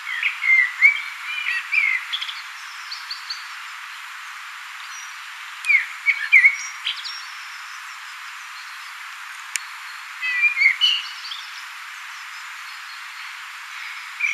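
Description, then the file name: Common blackbird, short bursts of fluty warbling notes with high twittering, in three separate groups spaced several seconds apart. "Turdus merula"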